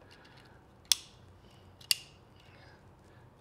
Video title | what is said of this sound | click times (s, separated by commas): ESBKLife: MV Agusta F4 1000 Fork Seal Replacement | put it back into position, and you'll feel it click. | 0.9 s, 1.9 s